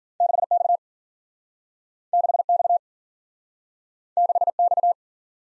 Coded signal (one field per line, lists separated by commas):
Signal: Morse code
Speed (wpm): 52 wpm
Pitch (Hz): 700 Hz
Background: none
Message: 6X 6X 6X